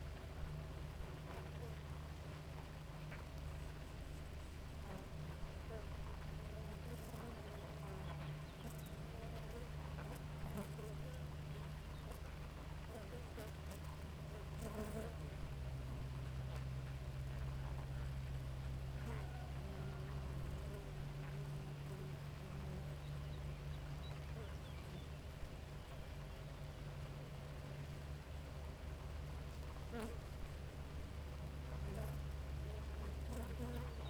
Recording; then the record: honeybee colony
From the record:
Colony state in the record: active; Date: 28 July 2017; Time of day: 4:24